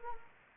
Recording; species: mosquito wingbeat signal from an infrared sensor; Anopheles arabiensis